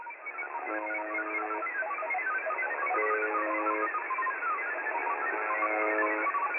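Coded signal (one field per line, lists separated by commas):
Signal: channel marker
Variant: UVB-76 (The Buzzer)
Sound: three low harsh one-second buzzes over static, with chirpy hopping digital beeps overlaid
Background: radio static, jamming tones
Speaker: the evening of October the 10th saw the buzzer on 4625 khz being trolled by a wobbling digital type noise these trolling and jamming attempts don't seem to affect the buzzer at all and certainly don't overpower its huge signal take a listen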